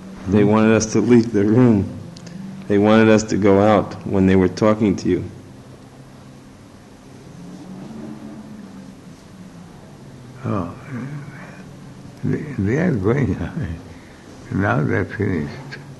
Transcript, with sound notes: They wanted us to leave the room. They wanted us to go out when they were talking to you.
[laughs] They are going away. Now they are finished.